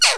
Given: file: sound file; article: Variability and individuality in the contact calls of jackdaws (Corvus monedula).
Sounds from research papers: jackdaw call; noisy

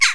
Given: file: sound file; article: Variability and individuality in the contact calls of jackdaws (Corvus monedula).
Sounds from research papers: jackdaw call; harmonic

